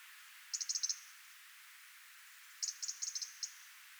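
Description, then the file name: European robin giving sharp, high ticking calls in two rapid bursts of several clicks each, separated by a pause of nearly two seconds. "Erithacus rubecula"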